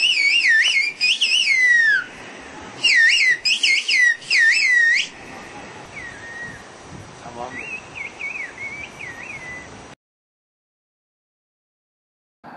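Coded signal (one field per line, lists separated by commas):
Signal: whistled language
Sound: loud gliding whistled phrases rising and falling, then softer distant whistles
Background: outdoor background noise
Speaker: وتعالوا نشوف مجموعه الفيديوهات عن المواضيع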